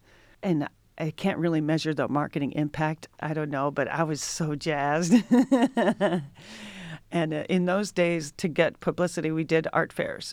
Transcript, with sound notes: I can't really measure the marketing impact, I don't know, but I was so jazzed. [LAUGHTER] In those days, to get publicity, we did art fairs.